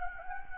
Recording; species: mosquito wingbeat signal from an infrared sensor; Anopheles gambiae